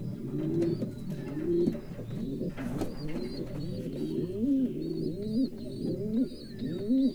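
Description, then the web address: Pigeons cooing in a dense overlapping chorus of low rolling notes, with repeated high thin chirps of small birds and scattered knocks. Standard-breed pigeons at a zoo in Miskolc, Hungary, recorded in 2009. "miskolcizoo 2009 standardt galambok"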